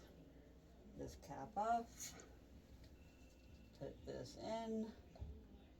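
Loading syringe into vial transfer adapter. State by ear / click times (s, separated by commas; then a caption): not seated / none. A plastic loading syringe and a medication vial transfer device are handled and fitted together during home subcutaneous immune globulin preparation, with the syringe about to be twisted in until it clicks. Someone talks over faint low background noise and soft handling sounds. Nothing has seated or clicked yet.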